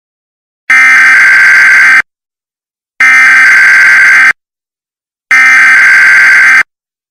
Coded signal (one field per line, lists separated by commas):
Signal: Emergency Alert System (SAME) tones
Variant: header bursts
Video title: C&C EAS Scenario - Part One: The Arrival